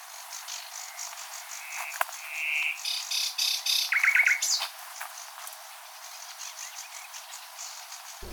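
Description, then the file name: Common nightingale singing a varied phrase of harsh buzzy bursts, a short whistled note and a quick trill, followed by quieter high chirps over faint background hiss. "Luscinia megarhynchos"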